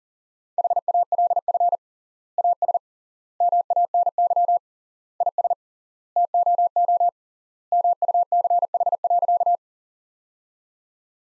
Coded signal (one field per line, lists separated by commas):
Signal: Morse code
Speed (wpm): 37 wpm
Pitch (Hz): 700 Hz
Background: none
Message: HALF AS MANY IS TOO MUCH.